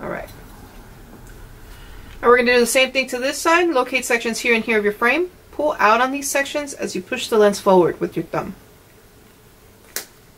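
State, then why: Released. Someone talks while pulling sections of a plastic Oakley Crankcase sunglass frame outward and pushing the plastic lens forward with a thumb. At 10.0 s a short, sharp pop is heard as the lens unseats from the frame groove and comes out of the frame, which is normal during removal.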